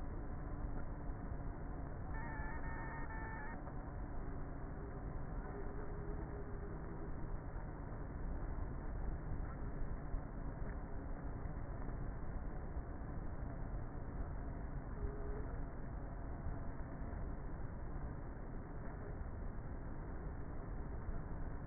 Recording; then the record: honeybee colony, microphone inside the hive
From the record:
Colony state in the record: queenless with a low population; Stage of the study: before two queens were removed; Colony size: about 30,000 bees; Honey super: no